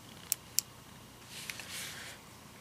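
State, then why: Seated. A memory card is inserted upside down, gold contacts first, into the card slot of a handheld scanner and pushed until it latches, giving two sharp clicks at 0.3 s and 0.6 s. Fainter ticks follow at 1.5 s and 1.6 s over a soft hiss, and the card is confirmed seated in the slot.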